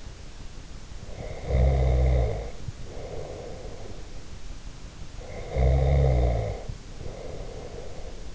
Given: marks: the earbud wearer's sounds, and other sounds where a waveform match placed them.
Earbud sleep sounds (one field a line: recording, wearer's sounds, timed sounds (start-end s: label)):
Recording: sounds in sleep by an in-ear microphone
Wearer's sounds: snoring breath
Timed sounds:
0.95-4.24 s: snoring breath
5.11-8.35 s: snoring breath